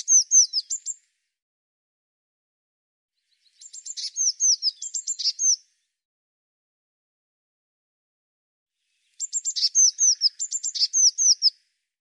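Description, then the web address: Bird chattering in three phrases mixing sharp clicks with high, sliding whistled notes that drop in pitch, separated by several seconds of quiet. "cianscape birddata Deverinetal 2025 File cleaned normalized Bird Cy Ca"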